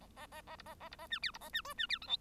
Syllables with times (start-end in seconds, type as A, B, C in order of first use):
0.00-0.07 A, 0.16-0.26 A, 0.32-0.42 A, 0.47-0.56 A, 0.58-0.62 B, 0.65-0.74 A, 0.80-0.89 A, 0.91-0.96 B, 0.98-1.07 A, 1.10-1.19 C, 1.22-1.31 D, 1.33-1.38 B, 1.40-1.49 A, 1.53-1.61 C, 1.64-1.74 E, 1.77-1.86 C, 1.89-1.99 D, 2.01-2.07 F, 2.07-2.17 G